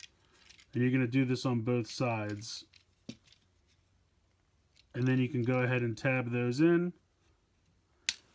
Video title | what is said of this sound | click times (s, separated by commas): Shinkansen Henkei Robo Shinkalion The Animation DXS04 E3 Tsubasa Review | you'll hear a click and then | 8.1 s